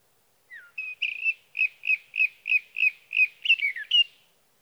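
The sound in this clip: Sage thrasher song made of one warbled note repeated several times at a steady pace, closing with a quick slurred flourish.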